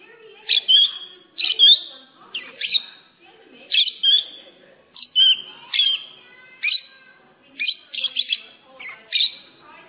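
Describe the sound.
Lovebird calls: loud, piercing chirps in clusters roughly once a second, some notes with a whistled, slurred shape, with quiet gaps between.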